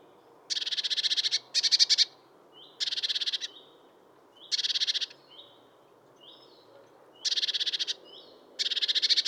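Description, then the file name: Eurasian blue tit giving six buzzy, churring rattles of fast repeated notes, each under a second long, with thin, high, faint whistled notes in between. "Cyanistes caeruleus"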